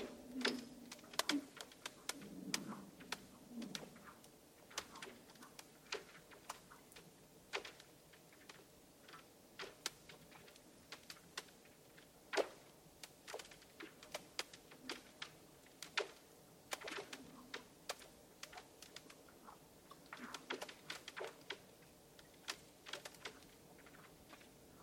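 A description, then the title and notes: Sharp cracks and ticks pop out at irregular moments all the way through, sometimes clustered, sometimes a second or two apart, against a quiet low hum. Soft groaning, sighing swells rise near the start and again around twenty seconds. Ambient Settling and Cracking. For this track I set a pair of small omni mics right at the edge of the ice to listen to the very close and quiet settling and crackling created when the ice was disturbed by the general water movement. Heaving and sighing and cracking and sloshing.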